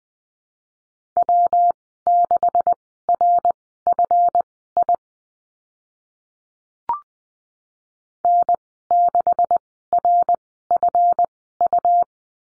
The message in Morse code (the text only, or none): W6RFI N6RFU